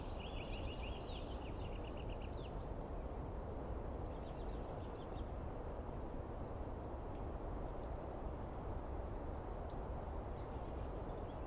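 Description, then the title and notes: Douglas squirrel calling: sputtering chirps, then three rapid high trills across the stretch, over a constant low background rumble. Douglas pine squirrel screaming at length at dawn, morning of 21 April 2017, East Cascades; identified by its sound, not clearly seen. "On the morning of 21 April, 2017, I set up my microphones and recorder for a nice dawn recording in the East Cascades. I was started awake by a screaming Douglas Pine Squirrel"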